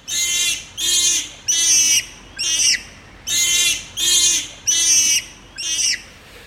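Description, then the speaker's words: Bonobo distress calls: eight loud, harsh, shrieking cries, each about half a second long, repeated roughly every three quarters of a second, with nothing else clearly heard. Young bonobo, unhappy and probably going through something worrying; the distress cry draws its mother, who comes to collect and reassure it. "Ben là, on a le plaisir d'entendre un petit bonobo pas content, en cri de détresse en fait."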